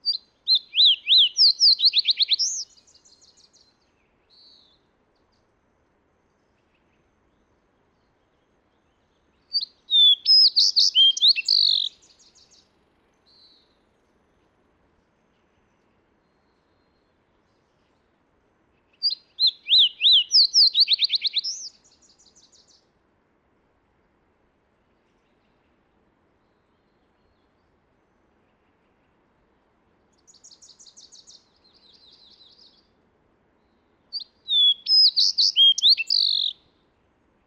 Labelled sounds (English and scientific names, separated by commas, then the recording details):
Fox Sparrow (Passerella iliaca) song
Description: Fox Sparrow song recorded at the Alluvial Fan in Rocky Mountain National Park
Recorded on 31 May 2017